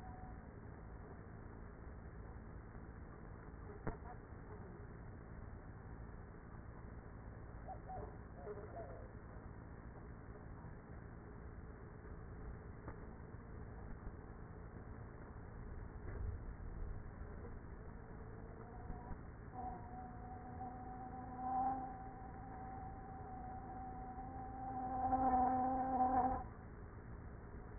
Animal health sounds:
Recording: honeybee colony, microphone inside the hive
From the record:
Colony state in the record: queenless with a low population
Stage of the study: after two queens were removed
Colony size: about 30,000 bees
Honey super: no

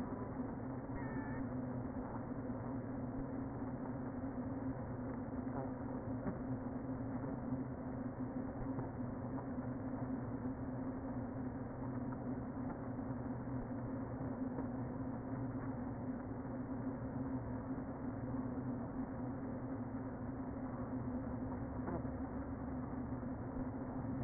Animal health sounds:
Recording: honeybee colony, microphone inside the hive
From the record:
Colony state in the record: queen present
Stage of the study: before two queens were removed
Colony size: about 60,000 bees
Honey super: yes

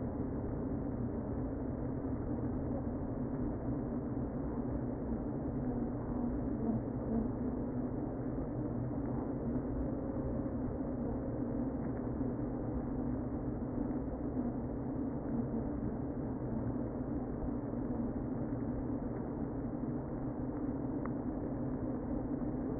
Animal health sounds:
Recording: honeybee colony, microphone inside the hive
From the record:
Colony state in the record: queen present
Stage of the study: before two queens were removed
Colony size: about 60,000 bees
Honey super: yes

